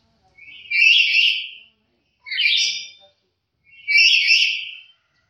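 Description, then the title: Black-capped lory: three harsh, raspy screeches about one and a half seconds apart, each loud and broad, in an otherwise silent background. "Nuri kepala hitam"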